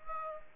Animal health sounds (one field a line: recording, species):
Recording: mosquito wingbeat signal from an infrared sensor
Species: Aedes aegypti